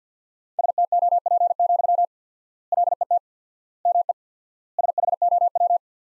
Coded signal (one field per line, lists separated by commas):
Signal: Morse code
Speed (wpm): 50 wpm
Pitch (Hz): 700 Hz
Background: none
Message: STOP, LET ME SHOW